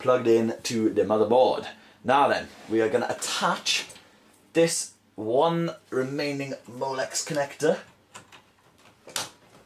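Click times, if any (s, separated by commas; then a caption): 9.2 s. Someone talks while the remaining Molex power connector is pushed into the new drive inside a PC. A few faint knocks come near 8.2 s and 8.3 s, then a sharp snap at 9.2 s as the connector seats into place.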